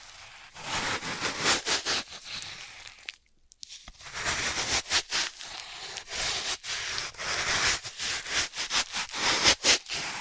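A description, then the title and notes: Floral foam being crushed and cut, a dense crackling and crumbling that pulses in short, uneven bursts. The sound is bright and gritty, with frequent sharp breaks between squeezes. Near the three-second mark it drops to near silence for about a second before the crushing resumes. Dry vs Wet Floral Foam Tapping, Cutting and Crushing. (No Talking).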